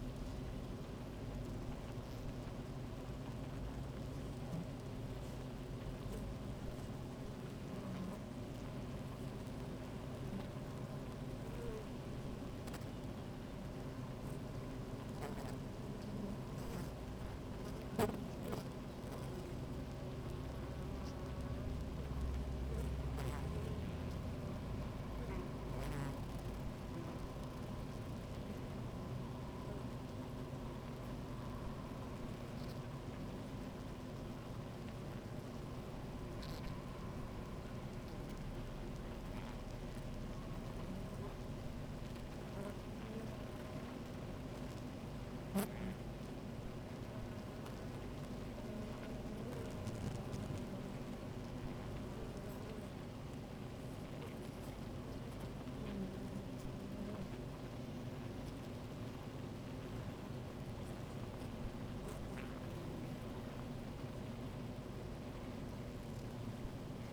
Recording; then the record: honeybee colony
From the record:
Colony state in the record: active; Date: 28 July 2017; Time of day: 16:25